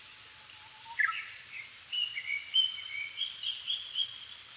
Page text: kurotugumi 20110507-1759. Turdus cardis [Sounds -Nikko Today-]. 5/ 7 2011, 17:59